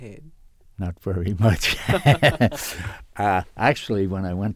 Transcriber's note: they laugh